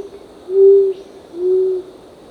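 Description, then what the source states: Short-toed coucal: two low, smooth hooting notes about a second apart, the second slightly softer, with a faint insect whine in the background. Recorded 1 April 2006.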